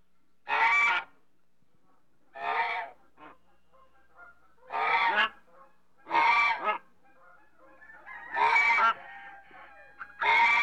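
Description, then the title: African goose honking: six loud, nasal honks spaced about two seconds apart, with quiet short notes in the gaps. "BirdAfricanGoose"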